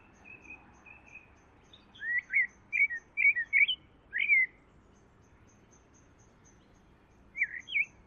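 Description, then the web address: Bird song: a burst of several quick, bright, slurred chirps, then a pause and two more chirps at the end. "Deverinetal. Bird Only"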